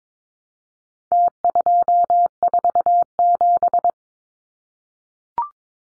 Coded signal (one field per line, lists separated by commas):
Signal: Morse code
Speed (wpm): 22 wpm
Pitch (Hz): 700 Hz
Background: none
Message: T247